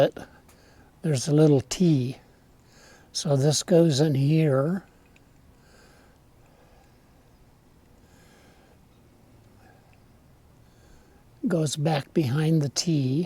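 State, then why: Not seated. A spring is being positioned into a Ural sidecar seat latch and worked behind the tab, ahead of being snapped home. Someone talks in three bursts, with quiet handling in between and only faint brief sounds around 5.2 s and 9.9 s. Nothing has seated or clicked into place yet.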